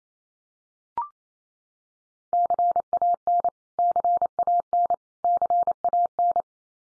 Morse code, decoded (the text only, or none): CAN CAN CAN